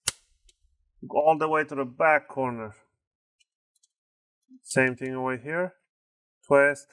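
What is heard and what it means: A guitar pick is twisted outward between the top case and the plastic bottom cover of an HP Pavilion 15 BS series laptop to pop the snap clips loose, with a sharp snap at 0.1 s as a clip pops open. Someone talks afterward, and the bottom cover clips are released without anything breaking.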